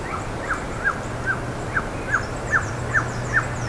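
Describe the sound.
Bird calls: sharp downslurred notes repeated steadily about two or three times a second, with faint high twitters behind and a low hum.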